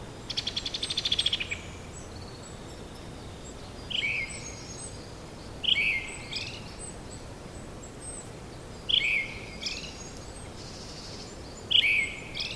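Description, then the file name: Brown-headed thrush song: after an opening burst of high chatter, four whistled phrases of a descending note plus a high trill, a few seconds apart, with background hiss. "akahara"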